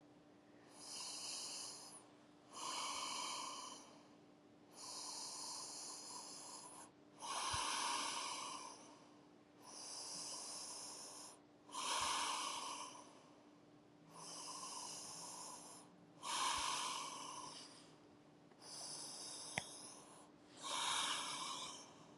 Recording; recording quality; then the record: deep breathing; excellent, no background noise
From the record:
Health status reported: COVID-19 positive, moderate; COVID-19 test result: positive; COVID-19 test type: RT-PCR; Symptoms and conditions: cough, cold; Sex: male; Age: 23 years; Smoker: no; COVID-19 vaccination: both doses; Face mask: not worn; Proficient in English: yes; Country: United States